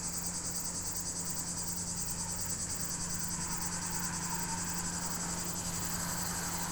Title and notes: 5160 Rte d'Aix, 73310 Chindrieux, France - cigale en bord de route. arrêt dans la côte de Groisin au bord de la D991 par cette chaude journée ensoleillée , les sons de la nature , cigale, criquets pigeon ramier